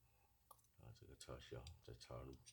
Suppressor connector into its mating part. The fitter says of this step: Once the connector clicks, it's secured.